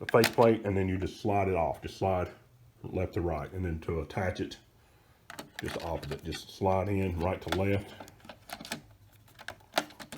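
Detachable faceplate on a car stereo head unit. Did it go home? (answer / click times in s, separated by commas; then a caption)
yes / 9.5 s, 9.8 s. Someone talks while sliding a detachable plastic faceplate right to left onto an aftermarket car stereo head unit, installed with a Scosche TA2111B install kit in a 2nd-gen 2013 Toyota Tacoma, then pushes it down until it locks. Sharp clicks at 9.5 s and 9.8 s mark the faceplate seating into place.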